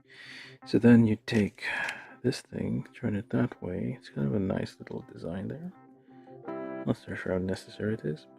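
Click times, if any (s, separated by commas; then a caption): none. A small plastic part of a 1/144 scale model kit is turned and handled while someone talks, with faint music playing underneath. The part is headed into its socket in the arm assembly but has not seated or clicked yet when the clip ends.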